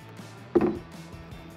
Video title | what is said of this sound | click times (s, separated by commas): 2019 RAM 1500 5.7L AFE Momentum GT Cold Air Intake w/ Pro DRY S Filter Review & Install | we go just push in the center of them and they'll snap into place | 0.6 s